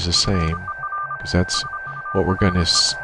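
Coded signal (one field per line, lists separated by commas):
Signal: Morse code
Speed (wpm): 25 wpm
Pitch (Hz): 1200 Hz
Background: speech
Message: FER SURE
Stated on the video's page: Morse sent with paddles and a CW keyboard, routed through Reaper software to Mumble for an internet QSO; HF rig audio also fed in.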